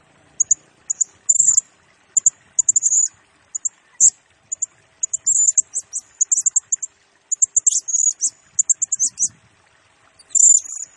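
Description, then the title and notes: Blue-crowned hanging parrot song, rapid strings of tiny sharp chips and short buzzy squeals, nearly continuous, ending in a longer drawn-out shrill note. Serindit in 'gacor' (constantly singing) and 'nembak' rapid-fire style; recording used as a 'pemikat' lure and 'nasteran' tutor for training birds, said to agitate all birds. "Burung Serindit Nembak Gacor Bikin Emosi Semua Burung. Suara Nasteran Dan Pemikat Burung Serinditan Gacor"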